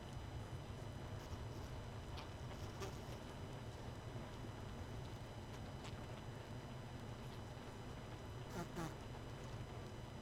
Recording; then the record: honeybee colony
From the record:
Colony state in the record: missing queen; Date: 31 May 2018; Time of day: 21:09